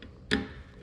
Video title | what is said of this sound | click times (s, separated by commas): White Tractor Alternator Repair | click that's my torque wrench click | 0.3 s